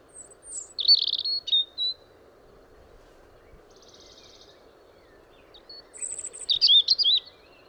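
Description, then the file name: European robin singing short high sweet phrases of thin notes and warbles, a long pause with a faint buzzy trill, then a brighter twittering phrase; low background hum. "Erithacus rubecula"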